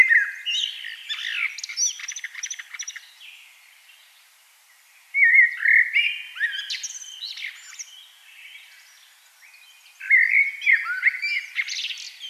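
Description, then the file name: Common blackbird song: three fluting, whistled phrases, each ending in a squeaky, twittering flourish, with short quiet pauses between them. "Turdus merula"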